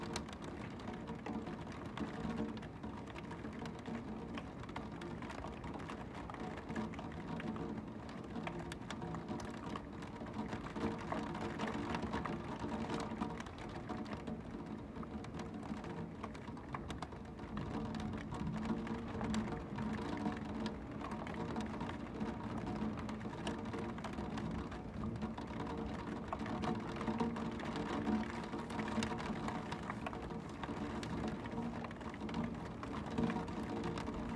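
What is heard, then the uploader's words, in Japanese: Steady, dense rain patters throughout, a full low-to-mid wash with faint rumbles underneath and no clear breaks over the half minute. 雨音に起こされる。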